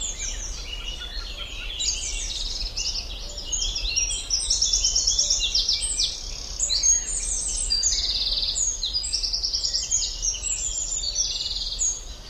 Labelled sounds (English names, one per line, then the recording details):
Eurasian Wren song
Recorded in the wild
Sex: male
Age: adult
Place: Schildow, NSG, Kalktuffgelände am Tegeler Fließ (NSG Schildow), Berlin, DE
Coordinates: 52.64, 13.39
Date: 1992-06-21
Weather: sunny, 19-26 °C, strengthening winds
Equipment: Marantz CP 430, Sennheiser ME 80, Kopie Tesla B 116
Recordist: Tembrock, Günter